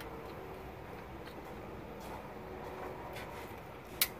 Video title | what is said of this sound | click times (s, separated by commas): John Deere S680 HP9040 Module Installation | heard a snap that's good to go and | 4.0 s